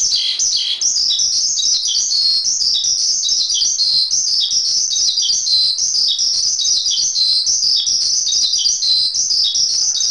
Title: Suara Burung Branjangan